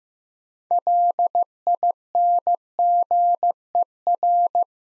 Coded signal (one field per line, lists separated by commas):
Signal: Morse code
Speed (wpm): 15 wpm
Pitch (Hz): 700 Hz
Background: none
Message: LINGER